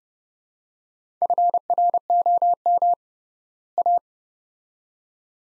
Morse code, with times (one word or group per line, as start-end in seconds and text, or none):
1.2-2.9 FROM
3.8-4.0 A